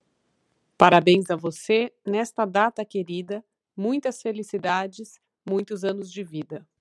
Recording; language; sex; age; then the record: short text; Brazilian Portuguese; female; 40 to 49 years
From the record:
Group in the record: control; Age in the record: 48 years